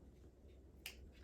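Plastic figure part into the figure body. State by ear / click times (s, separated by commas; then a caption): seated / 0.9 s. A plastic part of a Beast Wars Metagate G-04 Air King Terrorsaur action figure is pressed into the figure body while it is put together properly. Over a low, steady background hum, a single sharp, bright click sounds at 0.9 s. The part clicks into place and is seated.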